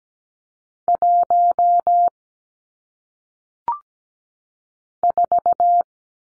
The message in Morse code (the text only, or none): 1 4